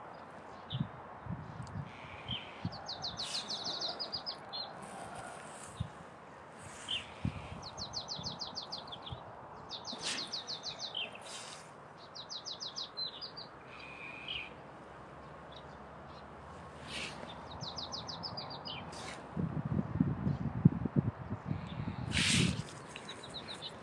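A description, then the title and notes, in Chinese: A marsh tit calls repeatedly in quick, bright, buzzy bursts and thin sharp notes, with low rustling and thumps, heaviest near twenty seconds. 声音实录 沼泽山雀的叫声。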